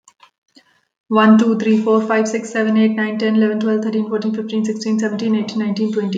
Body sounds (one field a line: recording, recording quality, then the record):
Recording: counting at a fast pace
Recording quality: excellent, no background noise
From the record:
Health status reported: COVID-19 positive, no symptoms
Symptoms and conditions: loss of smell and taste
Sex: female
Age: 33 years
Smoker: not ticked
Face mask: not worn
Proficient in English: yes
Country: India